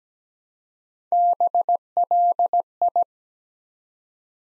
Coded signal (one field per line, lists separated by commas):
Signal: Morse code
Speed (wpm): 17 wpm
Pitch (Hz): 700 Hz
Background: none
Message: BLI